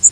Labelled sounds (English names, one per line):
Yellow Warbler flight call